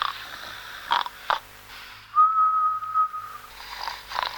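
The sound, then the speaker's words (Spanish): A cartoonish snore from a very important man sleeping at night in a country house: a couple of short, rough snorting breaths, then a long, steady high whistle on the exhale lasting over a second, followed by more breathy rasping. “Está roncando.”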